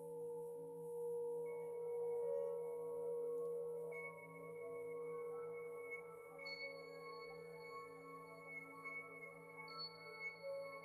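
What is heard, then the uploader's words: Singing bowl tones ring steadily throughout, layered with sustained pitched notes that hold without a break. Higher tones enter partway through, one near two seconds and a bright high ring around six seconds, while the loudness swells gently and stays fairly even. MIDI and BOWL sounds 7 mins per chakra.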